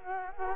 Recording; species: mosquito wingbeat signal from an infrared sensor; Culex quinquefasciatus